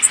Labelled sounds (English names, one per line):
Worm-eating Warbler flight call